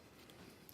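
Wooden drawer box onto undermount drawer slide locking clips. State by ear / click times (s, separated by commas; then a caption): seated / 0.7 s. A wooden galley drawer box is set onto undermount drawer slides, its back engaging the rear holes, and the front locking clips click into place. A faint tap sounds at 0.3 seconds, then a short sharp click at 0.7 seconds as the drawer seats on the slides.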